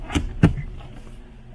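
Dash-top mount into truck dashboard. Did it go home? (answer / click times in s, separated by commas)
yes / 0.2 s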